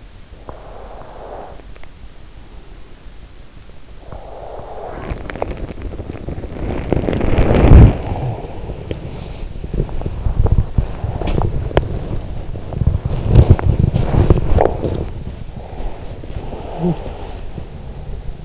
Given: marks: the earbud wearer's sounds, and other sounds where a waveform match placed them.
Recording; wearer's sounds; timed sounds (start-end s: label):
sounds in sleep by an in-ear microphone; breath, body movement
0.06-1.99 s: breath
3.95-5.33 s: breath
5.19-18.45 s: body movement
8.34-9.81 s: breath
12.24-13.48 s: breath
15.49-17.67 s: breath